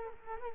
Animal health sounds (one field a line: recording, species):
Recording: mosquito wingbeat signal from an infrared sensor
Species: Culex quinquefasciatus